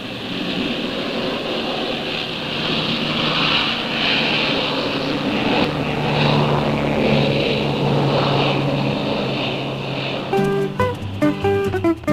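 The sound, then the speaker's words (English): A propeller plane's engine roars steadily as it pulls its skis free from the ice and takes off into cold air at twilight, a thick, loud drone with a slight pitch swell, cut off near the end by a brief burst of music. “Time is running out, and in the twilight pause, the last plane pulls its skis free from the clutching ice and lumbers up into the cold air.”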